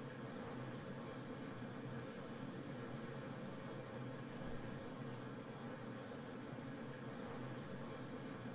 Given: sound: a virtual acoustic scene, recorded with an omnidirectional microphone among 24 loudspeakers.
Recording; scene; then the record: noise of the scene; olnoise from 90 degrees (S0N90)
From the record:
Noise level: 65 dB SPL